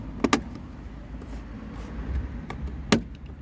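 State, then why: Seated. The plastic cover that hides a new Focal 13 cm front speaker is pressed into the front door panel of a Renault Clio 3 phase 2 and clipped in. Sharp plastic snaps are heard, with the clip engaging at 0.3 s and 2.9 s. The cover ends up properly clipped in place.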